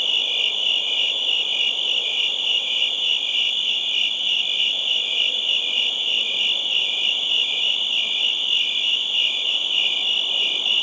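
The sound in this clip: Crickets chirping in a steady, rapidly pulsed chorus of high trills, unbroken for the whole stretch, with a light background hiss.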